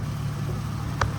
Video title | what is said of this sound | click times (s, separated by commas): Dodge Challenger LED Headlight and Fog light Upgrade! FULL INSTALL! | As y'all can see, we got it in place. Once you got it snapped in place, push the red clip back up | 1.0 s